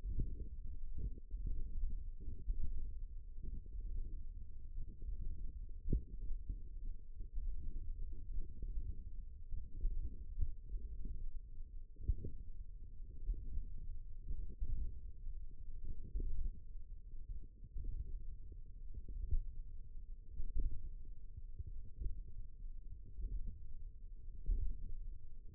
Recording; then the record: forearm muscle sounds (acoustic myography)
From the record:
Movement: hand opening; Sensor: system 1, eight BSWA MPA416 microphones around the upper forearm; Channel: 7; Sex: female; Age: 20 years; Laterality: right